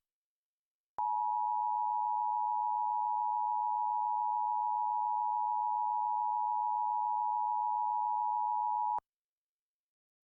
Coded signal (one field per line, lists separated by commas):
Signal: Emergency Alert System (SAME) tones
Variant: 853 and 960 Hz attention tone